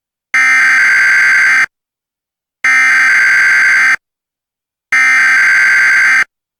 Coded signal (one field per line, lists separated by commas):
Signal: Emergency Alert System (SAME) tones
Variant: header bursts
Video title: Mock EAS Dust Storm Warning (A Real Weather Alert)